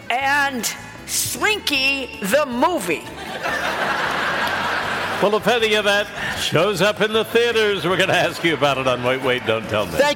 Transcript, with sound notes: and "Slinky: The Movie."
(LAUGHTER)
Well, if any of that shows up in the theaters, we're going to ask you about it on WAIT WAIT... DON'T TELL ME.